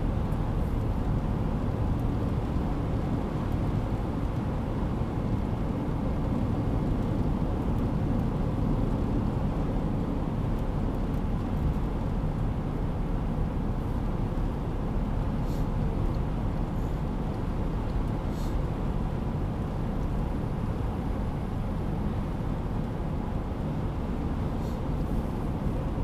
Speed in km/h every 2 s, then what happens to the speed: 89, 90, 89, 89, 87, 86, 85, 85, 86, 85, 84, 84, 83.
0-26 steady at about 86.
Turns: none.